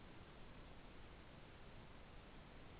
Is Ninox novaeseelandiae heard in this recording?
no